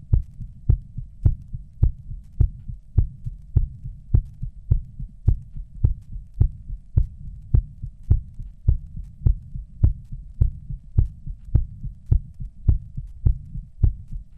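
Steady, regular low heart thumps at about 105 beats a minute, a mildly fast adult heartbeat heard after 20 minutes.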